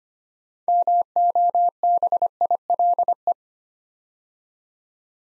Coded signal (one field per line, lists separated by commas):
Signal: Morse code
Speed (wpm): 25 wpm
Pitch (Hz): 700 Hz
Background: none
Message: MOBILE